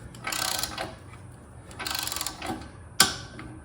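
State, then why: Torque reached. A torque wrench set to 14 ft-lb, fitted with a spark plug socket on a 3/8-inch extension, tightens a spark plug into the engine cylinder head of a Honda Homelite pressure washer. Bursts of ratcheting are heard around 0.3–0.8 s and 1.8–2.3 s. A sharp, loud click at 3.0 s confirms the wrench has reached its set torque.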